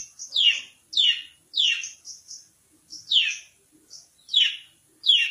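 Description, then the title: Long-tailed shrike giving loud, harsh downslurred notes at irregular intervals, mixed with brief softer high chips. "Cendet"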